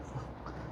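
A plastic pry tool is run along the back edge of the dashboard screen bezel trim on a Dodge Durango, removing it to repair a cracked Uconnect screen. Under a steady low hum, a short click sounds at 0.5 s as a plastic trim retaining clip pops loose, releasing that part of the bezel.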